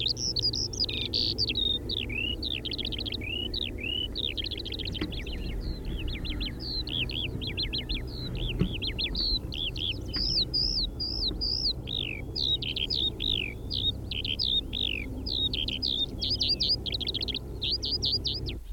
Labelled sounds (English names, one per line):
Eurasian Skylark song